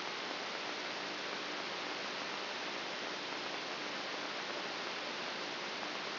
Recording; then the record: brain microelectrode recording played as sound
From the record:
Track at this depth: outside the subthalamic nucleus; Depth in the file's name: 7.24 mm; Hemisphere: right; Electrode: 2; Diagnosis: Parkinson's disease